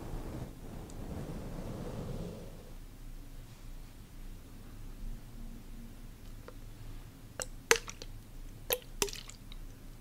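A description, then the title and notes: Skin care sounds with no talking: a soft, low rubbing or squishing texture fills the first two and a half seconds, then fades to a quiet, steady low hum. From about seven seconds on, sharp bright clicks and taps land in a small irregular cluster. ASMR Sleep Inducing Skin Care ASMR Lofi (No Talking).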